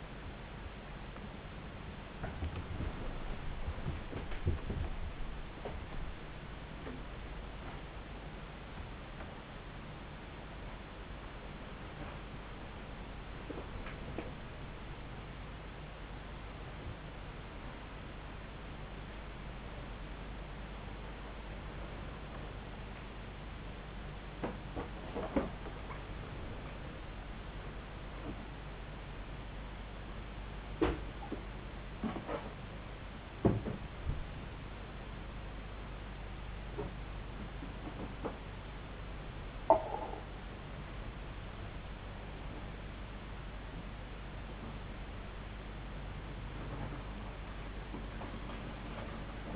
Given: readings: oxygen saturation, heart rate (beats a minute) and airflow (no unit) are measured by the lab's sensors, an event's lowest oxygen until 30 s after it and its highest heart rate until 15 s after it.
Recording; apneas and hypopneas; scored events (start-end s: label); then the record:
a person awake in a sleep study, by a voice recorder at the bedside; none
0.00-49.56 s: awake
From the record:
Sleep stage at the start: awake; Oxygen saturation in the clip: 96 to 97%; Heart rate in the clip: 71 to 83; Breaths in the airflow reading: 14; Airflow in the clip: -8.4 to 9.3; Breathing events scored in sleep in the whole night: 270 in 6.1 hours asleep